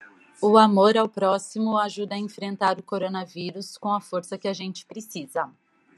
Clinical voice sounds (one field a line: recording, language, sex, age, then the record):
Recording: spoken sentence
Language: Brazilian Portuguese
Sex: female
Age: 40 to 49 years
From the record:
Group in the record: control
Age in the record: 42 years